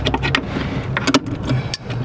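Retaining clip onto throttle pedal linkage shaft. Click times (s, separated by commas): 1.7 s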